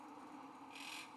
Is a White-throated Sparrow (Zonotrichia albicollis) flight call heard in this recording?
no